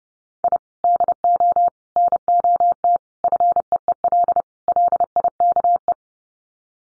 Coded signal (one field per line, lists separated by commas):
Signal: Morse code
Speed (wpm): 30 wpm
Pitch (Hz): 700 Hz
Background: none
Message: I DO NOT FEEL LIKE